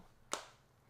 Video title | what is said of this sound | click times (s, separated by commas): The BEST Kickstand Case for iPhone 15 Pro Max?? - Anker Magnetic Phone Case with Ring Stand | first click there two | 0.3 s